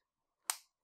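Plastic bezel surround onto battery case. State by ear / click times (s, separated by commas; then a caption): seated / 0.5 s. After an earlier badly clipped attempt, the white plastic bezel surround is pressed onto an Anker Extended Battery Case for an iPhone 5/5S. It snaps on with one sharp click at 0.5 s, a brief bright crack that fades quickly. The bezel is now seated properly.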